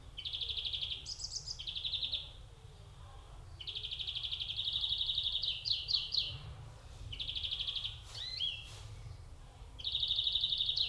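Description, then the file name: European greenfinch delivering long, rapid trills of repeated notes, one briefly higher-pitched, separated by short gaps, with some brief clicks and a steady low hum. "Chloris chloris"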